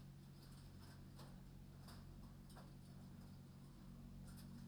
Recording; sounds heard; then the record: poultry house recording; no chicken sound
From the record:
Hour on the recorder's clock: 22